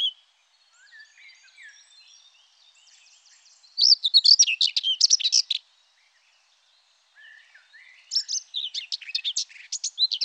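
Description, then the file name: Common whitethroat song: short scratchy, hurried warbling phrases of about two seconds, bursting out twice with quieter soft twittering in between. "Fauvette grisette"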